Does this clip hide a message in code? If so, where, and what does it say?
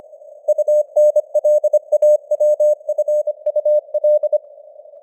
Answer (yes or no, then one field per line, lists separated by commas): yes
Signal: Morse code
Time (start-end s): 0.5-4.4 s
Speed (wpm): 25 wpm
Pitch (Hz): 600 Hz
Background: none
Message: UNLAWFUL